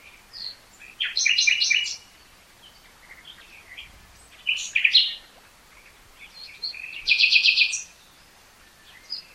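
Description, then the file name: Common nightingale song: repeated rapid trills and sharp chirps in short bursts, each phrase followed by a pause. "Luscinia megarhynchos"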